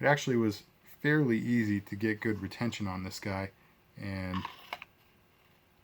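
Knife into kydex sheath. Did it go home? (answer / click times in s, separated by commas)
no / none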